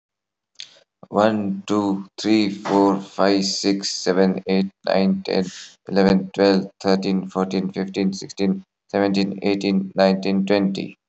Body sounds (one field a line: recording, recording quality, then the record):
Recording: counting at a fast pace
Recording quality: excellent, no background noise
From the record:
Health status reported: healthy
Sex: male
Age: 34 years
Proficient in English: yes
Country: India